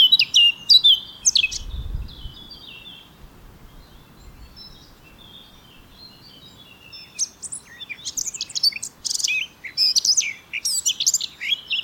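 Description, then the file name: Eurasian blackcap song: loud scratchy high bursts at first, a quieter stretch, then dense chattering warbles resume strongly after about seven seconds. "Sylvia atricapilla"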